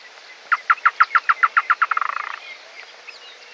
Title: LuckyPassaro Completos2Sama. Chotoy Spinetail (Schoeniophylax phryganophilus)